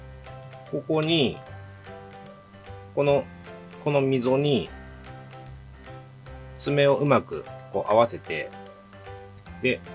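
Someone talks over background music while lining up the plastic claw of a WPL B16KM/B36KM RC truck part with the groove on the chassis/body part, making only quiet handling noises. Nothing has snapped or clicked into place yet.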